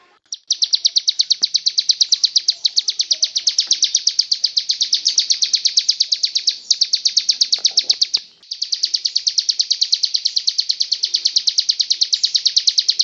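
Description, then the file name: Bird song of rapid, piercing repeated notes in a long rattling stream, with brief breaks partway through before resuming at the same pace. Song delivered in the ngebren style. "cb-ngebren -omkicau"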